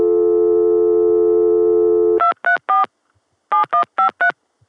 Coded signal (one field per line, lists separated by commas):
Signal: DTMF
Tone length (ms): 120 ms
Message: 234 7153